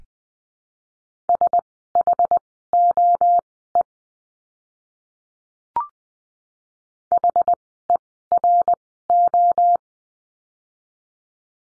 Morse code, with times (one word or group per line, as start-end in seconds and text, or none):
1.3-3.8 SHOE
7.1-9.8 HERO